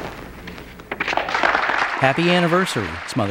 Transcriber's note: applause